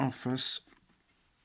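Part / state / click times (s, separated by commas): dripper top cap onto atomizer base / not seated / none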